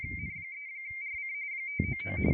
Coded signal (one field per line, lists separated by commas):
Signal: RTTY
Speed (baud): 45.45 baud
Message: N3RC 599